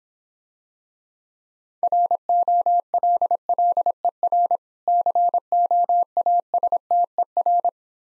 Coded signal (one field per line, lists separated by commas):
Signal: Morse code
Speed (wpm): 26 wpm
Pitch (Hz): 700 Hz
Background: none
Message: ROLLER COASTER